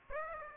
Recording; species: mosquito wingbeat signal from an infrared sensor; Aedes aegypti